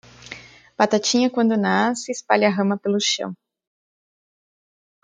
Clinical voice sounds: short text; Brazilian Portuguese; female; 20 to 29 years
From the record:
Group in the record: control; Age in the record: 29 years

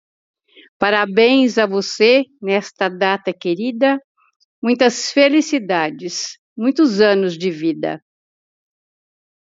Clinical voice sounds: short text; Brazilian Portuguese; female; 70 to 79 years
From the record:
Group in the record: control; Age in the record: 75 years

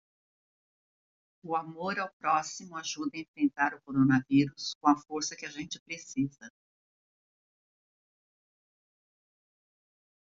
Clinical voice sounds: spoken sentence; Brazilian Portuguese; female; 50 to 59 years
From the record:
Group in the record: control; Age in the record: 59 years

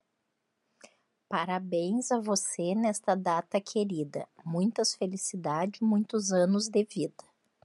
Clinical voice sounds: short text; Brazilian Portuguese; female; 50 to 59 years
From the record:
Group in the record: control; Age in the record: 50 years

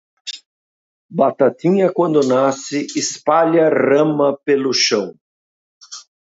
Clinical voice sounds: short text; Brazilian Portuguese; male; 60 to 69 years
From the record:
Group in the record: control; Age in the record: 60 years

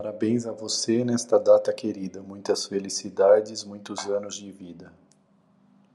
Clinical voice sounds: short text; Brazilian Portuguese; male; 40 to 49 years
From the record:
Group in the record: control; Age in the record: 41 years

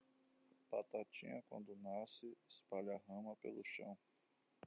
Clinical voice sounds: short text; Brazilian Portuguese; male; 20 to 29 years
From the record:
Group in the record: control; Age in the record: 29 years

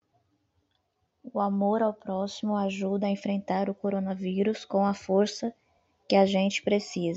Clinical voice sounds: spoken sentence; Brazilian Portuguese; female; 40 to 49 years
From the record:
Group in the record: control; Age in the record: 40 years

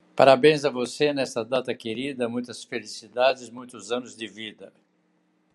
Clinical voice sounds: short text; Brazilian Portuguese; male; 80 to 89 years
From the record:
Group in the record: control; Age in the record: 80 years

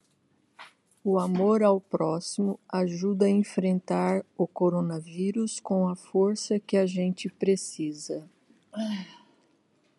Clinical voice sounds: spoken sentence; Brazilian Portuguese; female; 50 to 59 years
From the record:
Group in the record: control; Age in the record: 53 years

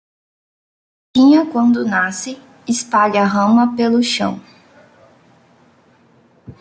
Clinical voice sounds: short text; Brazilian Portuguese; female; 20 to 29 years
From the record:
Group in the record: control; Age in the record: 21 years

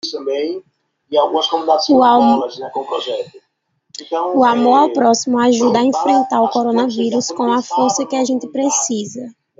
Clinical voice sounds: spoken sentence; Brazilian Portuguese; female; 20 to 29 years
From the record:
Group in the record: control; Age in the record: 22 years

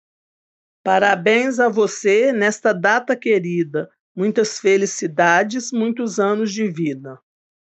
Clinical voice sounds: short text; Brazilian Portuguese; female; 50 to 59 years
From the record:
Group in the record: control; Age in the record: 57 years

